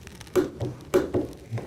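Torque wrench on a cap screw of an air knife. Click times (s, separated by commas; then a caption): 0.4 s, 0.9 s. A click-type torque wrench tightens a cap screw that clamps the interchangeable shim on an Exair metal air knife. It gives two sharp clicks at 0.4 s and 0.9 s, showing it has reached its torque setting, with a fainter tick after each and another soft knock near 1.6 s.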